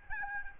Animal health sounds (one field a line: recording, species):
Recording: mosquito wingbeat signal from an infrared sensor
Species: Aedes albopictus